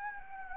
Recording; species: mosquito wingbeat signal from an infrared sensor; Anopheles gambiae